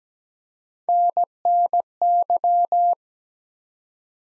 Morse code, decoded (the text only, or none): NNY